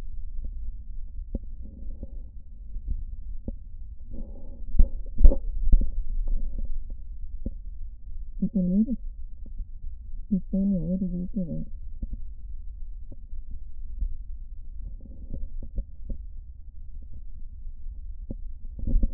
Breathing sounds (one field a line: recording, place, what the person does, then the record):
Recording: lung sounds by stethoscope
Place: left posterior basal chest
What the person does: quiet breathing, then cough and speech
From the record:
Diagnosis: COPD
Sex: female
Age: 75 years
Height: 155 cm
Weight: 67.6 kg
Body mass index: 28.1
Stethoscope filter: diaphragm mode